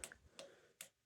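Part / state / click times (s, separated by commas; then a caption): adjustable torque wrench tightening an insert screw on a helical planer cutter head / torque reached / 0.8 s. An adjustable torque wrench is turned on a carbide insert screw of a helical planer cutter head, with no specific torque value set for this demonstration. A few short ticks are heard, then the wrench head stops moving and a sharper click sounds at 0.8 s, meaning the set torque has been reached.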